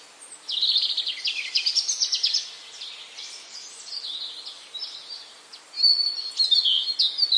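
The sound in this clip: Bird chirping in quick high-pitched bursts, loud for the first two and a half seconds, softer in the middle, then bright twittering returns near the end over steady hiss.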